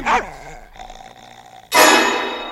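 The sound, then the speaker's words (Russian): A dog lets out a sharp snarl, settles into a low rumbling growl, then bursts into a loud, harsh, ragged outburst of snarling as it attacks and bites a man on the leg. “Она укусила его! Укусила его за ногу!”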